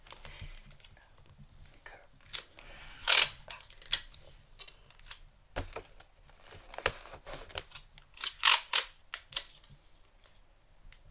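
Gift wrapping with crinkling paper, cutting and tape sounds. Bright, papery bursts come irregularly, the loudest near three seconds and around eight and a half seconds, with sharp snips and clicks scattered between. Quieter rustling and a faint low hum fill the gaps.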